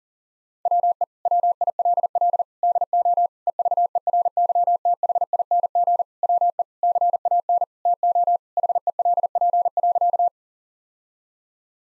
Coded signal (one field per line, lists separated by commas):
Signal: Morse code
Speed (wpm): 37 wpm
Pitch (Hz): 700 Hz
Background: none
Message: WE WILL DO EVERYTHING WE CAN TO HELP.